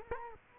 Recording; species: mosquito wingbeat signal from an infrared sensor; Culex quinquefasciatus